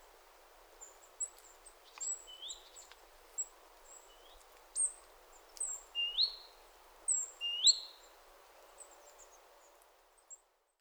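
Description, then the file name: Great tit calling with scattered high chirps and upslurred notes, loosely repeated, with brief high ticks between them and a low background hiss. "Parus major"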